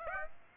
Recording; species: mosquito wingbeat signal from an infrared sensor; Aedes aegypti